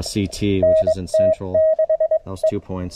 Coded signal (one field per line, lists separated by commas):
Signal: Morse code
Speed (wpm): 21 wpm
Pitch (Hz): 640 Hz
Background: speech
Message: NT6E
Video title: N0SA SP-X Paddle , MTR-4BV2 and a 8M Carbon Fiber Mast